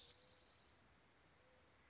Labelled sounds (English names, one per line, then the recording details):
Mourning Dove
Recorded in Sonoma County, California